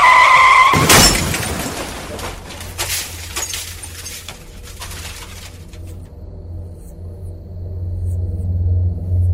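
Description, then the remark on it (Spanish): A large car's tyres screech and cut off in a sudden loud crash shortly after 1 a.m. on the road back from Pesaguero in the Liébana region, followed by scattered glass and debris settling, then a low engine-like rumble that lingers steadily to the end. “Una discusión absurda provocó el accidente.”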